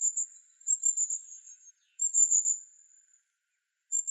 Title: La Mésange à longue queue (Aegithalos caudatus)